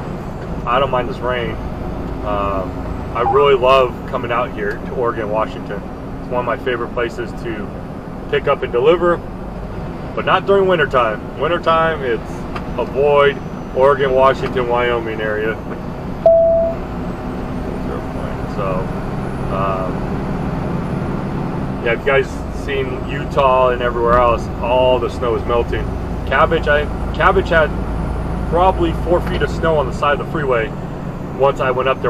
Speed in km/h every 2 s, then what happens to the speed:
69, 69, 69, 69, 69, 64, 64, 63, 63, 63, 68, 68, 69, 72, 74, 74.
0-17 steady at about 69. 17-28 speeds up to 74.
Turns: none.